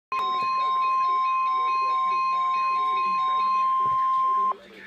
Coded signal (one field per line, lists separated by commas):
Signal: Emergency Alert System (SAME) tones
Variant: 1050 Hz attention tone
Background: speech, music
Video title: EAS 159 Severe Thunderstorm Warning